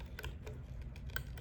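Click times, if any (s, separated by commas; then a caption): none. The needle of a Graco 9.5 HVLP spray gun is handled as it is pushed in to be popped over the trigger linkage so it moves with the trigger. Small sharp ticks of handling are heard around 0.2, 0.25, 0.5 and 1.2 seconds over a steady low hum. Nothing has seated or clicked into place yet.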